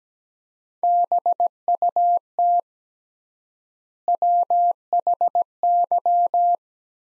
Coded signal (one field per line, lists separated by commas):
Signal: Morse code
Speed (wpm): 17 wpm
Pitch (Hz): 700 Hz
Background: none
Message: BUT WHY